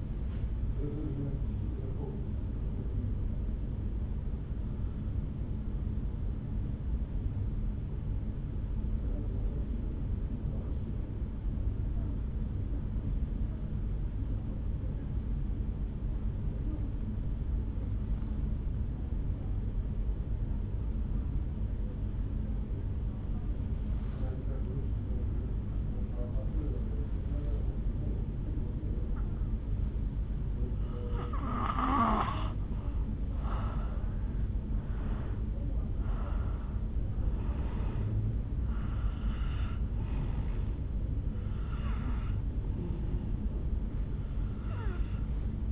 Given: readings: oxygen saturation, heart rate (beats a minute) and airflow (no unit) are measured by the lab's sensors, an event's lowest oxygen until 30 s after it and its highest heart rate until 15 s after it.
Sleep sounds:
breathing in sleep by a smartphone at the bedside; 1
7.00-33.60 s: obstructive apnea (N1, oxygen 98% highest, then 84% lowest, heart rate 50 at the start, 71 highest)
29.00-45.72 s: new sleep stage, N2 (light sleep)
From the record:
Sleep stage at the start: N1 (lightest sleep); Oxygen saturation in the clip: 83 to 98%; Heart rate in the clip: 49 to 71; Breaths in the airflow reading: 5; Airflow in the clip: -7.1 to 4.0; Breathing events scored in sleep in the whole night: 449 in 7.0 hours asleep

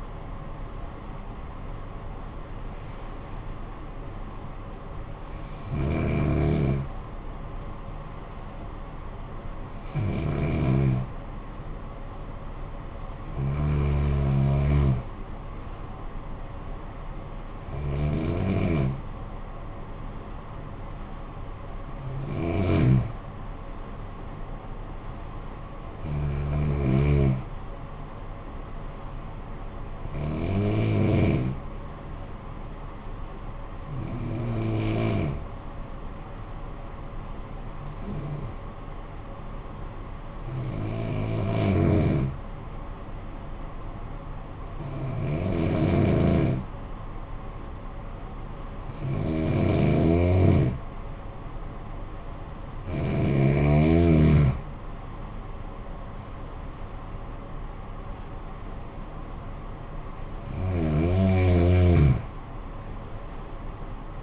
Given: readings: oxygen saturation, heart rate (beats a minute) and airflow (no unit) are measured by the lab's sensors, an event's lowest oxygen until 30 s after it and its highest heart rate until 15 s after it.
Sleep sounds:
breathing in sleep by a smartphone at the bedside; 1
32.00-53.60 s: hypopnea (N2, oxygen 95% highest, then 88% lowest, heart rate 52 at the start, 75 highest)
From the record:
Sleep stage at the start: N2 (light sleep); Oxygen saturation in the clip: 88 to 95%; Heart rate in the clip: 51 to 76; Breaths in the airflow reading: 16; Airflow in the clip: -14.8 to 12.0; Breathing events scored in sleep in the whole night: 445 in 7.6 hours asleep

